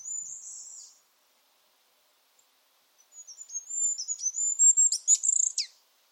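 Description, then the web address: Bird song: a short very high buzzy note, a pause, then a long thin twittering phrase of whistled notes with sharp downward ticks that grows louder toward the end. No other sounds. "cianscape. Deverinetal 2025. Bird Only"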